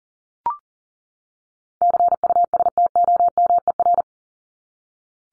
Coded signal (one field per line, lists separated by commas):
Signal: Morse code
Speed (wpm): 40 wpm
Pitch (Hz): 700 Hz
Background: none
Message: CUSTOMER